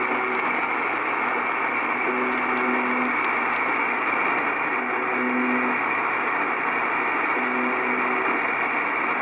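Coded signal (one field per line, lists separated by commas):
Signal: channel marker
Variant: UVB-76 (The Buzzer)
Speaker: so this is the Russian buzzer 46:25 it's kind of a channel marker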